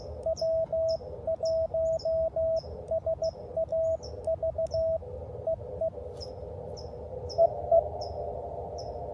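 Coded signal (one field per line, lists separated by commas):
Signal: Morse code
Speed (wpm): 15 wpm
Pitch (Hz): 650 Hz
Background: radio noise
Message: W1SAV EE EE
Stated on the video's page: Park activation.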